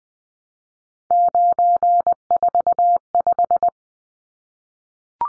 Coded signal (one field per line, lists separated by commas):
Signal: Morse code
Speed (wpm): 20 wpm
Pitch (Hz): 700 Hz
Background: none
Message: 945